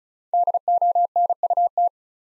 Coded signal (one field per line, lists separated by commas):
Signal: Morse code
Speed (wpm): 34 wpm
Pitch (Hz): 700 Hz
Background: none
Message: DONUT